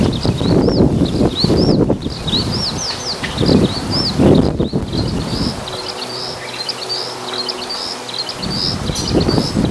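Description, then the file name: Eurasian skylark delivering continuous high warbling with slurred notes, accompanied by intermittent low wind rumble and a faint steady hum late. "hibari"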